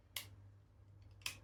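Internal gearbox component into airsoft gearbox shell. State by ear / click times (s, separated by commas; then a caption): not seated / none. An internal gearbox part is pressed into the shell of a Well Pro WE09 AK12 airsoft AEG gearbox during reassembly, with two sharp, bright hits at about 0.2 s and 1.3 s over a steady low hum. Nothing has seated yet; the part is still being handled.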